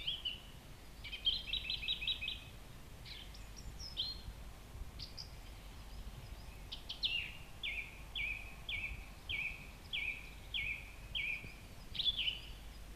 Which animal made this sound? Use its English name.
Song Thrush